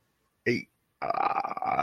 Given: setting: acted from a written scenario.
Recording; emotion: vocal sound without words; embarrassment